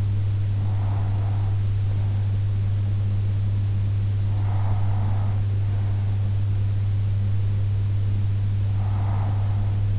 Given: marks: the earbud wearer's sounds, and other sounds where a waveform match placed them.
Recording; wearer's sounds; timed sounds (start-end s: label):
sounds in sleep by an in-ear microphone; breath
0.00-1.99 s: breath
3.99-5.99 s: breath
7.99-9.99 s: breath